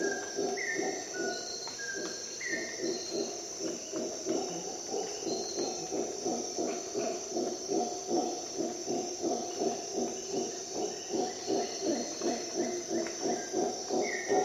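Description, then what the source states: Howler monkey: a rapid string of low, gruff pulsed roars running continuously, with a constant shrill insect hum and occasional clear bird whistles. Recorded at dawn in the Costa Rica jungle on an expedition.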